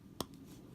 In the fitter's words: just like other ships-of-the-line you get this cool stand pegging in the port and hear that click and then